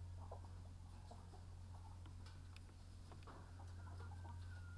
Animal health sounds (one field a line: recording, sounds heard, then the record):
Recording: poultry house recording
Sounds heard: healthy chickens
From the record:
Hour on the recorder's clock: 15